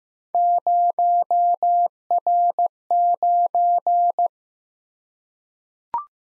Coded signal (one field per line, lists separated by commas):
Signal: Morse code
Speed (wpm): 15 wpm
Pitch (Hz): 700 Hz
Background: none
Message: 0R9